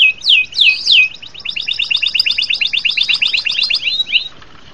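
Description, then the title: Bird singing: three loud, sharp downslurred notes followed by a rapid, rhythmic series of high notes. "LuckyKumpulan SuaraBurung"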